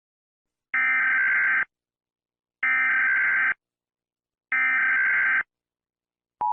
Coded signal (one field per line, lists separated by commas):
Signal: Emergency Alert System (SAME) tones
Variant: header bursts